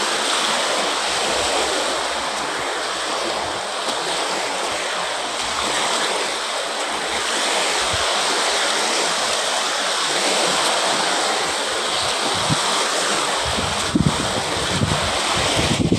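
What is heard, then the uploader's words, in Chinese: Ocean waves and wind make a steady, dense hiss throughout, with a few brief low thumps around fourteen seconds. 海浪跟風聲。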